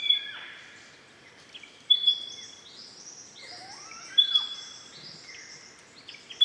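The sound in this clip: Pardalote repeating a piercing high note every couple of seconds among other chattering bird calls.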